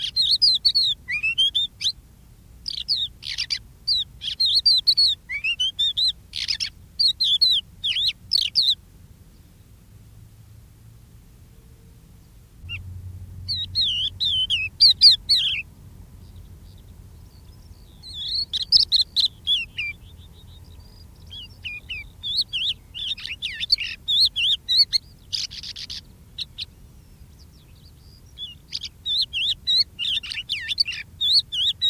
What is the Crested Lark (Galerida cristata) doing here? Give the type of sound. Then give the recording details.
song. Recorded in the wild. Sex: male. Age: adult. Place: Erlangen, OT Schallershof, Bayern, DE. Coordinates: 49.5792, 10.9736. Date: 1962-05-11. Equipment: Stellavox SM 5, Vorverstärker, Original, Vollspur. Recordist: Tretzel, Erwin